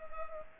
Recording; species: mosquito wingbeat signal from an infrared sensor; Culex pipiens